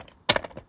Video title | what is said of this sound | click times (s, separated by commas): Flower Cake Pop-Up Birthday Card | then to install those, just going to go until they click. There we go. | 0.3 s